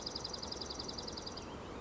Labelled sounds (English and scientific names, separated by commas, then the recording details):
Dark-eyed Junco (Junco hyemalis)
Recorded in Sonoma County, California